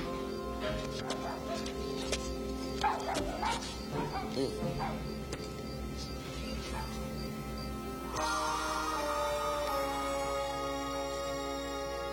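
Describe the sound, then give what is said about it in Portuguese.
A dog lets out a cluster of sharp barks and high yips, then whimpers, over a steady humming background with voices mixed in; later the barking gives way to a sustained tonal drone. “Pega os cachorros.”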